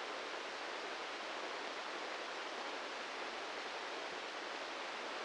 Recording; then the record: brain microelectrode recording played as sound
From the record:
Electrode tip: inside the subthalamic nucleus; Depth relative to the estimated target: 0 mm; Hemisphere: left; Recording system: NeuroSet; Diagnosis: Parkinson's disease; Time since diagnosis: 15 years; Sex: male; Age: 65 years